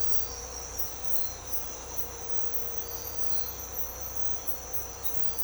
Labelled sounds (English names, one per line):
none